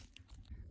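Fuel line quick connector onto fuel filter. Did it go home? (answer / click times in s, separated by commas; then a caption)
yes / 0.2 s, 0.5 s. A fuel line quick-connect coupling is pushed onto the fuel filter outlet of an MG TF while it is being reassembled after a head gasket replacement. Two sharp, fast-decaying clicks land at 0.2 s and 0.5 s over a steady low rumble. The connector latches and is seated.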